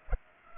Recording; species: mosquito wingbeat signal from an infrared sensor; Culex pipiens